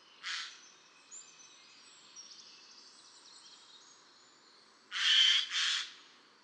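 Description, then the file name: Eurasian jay uttering a single hoarse screech, then after a pause two loud rasping calls in quick succession, with faint high bird chatter in between. "Garrulus glandarius"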